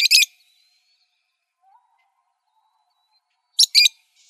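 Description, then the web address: Parrot calls: two bursts of harsh, rasping double screeches, separated by a few seconds of near silence with a faint low note. "Sound Library Parrots"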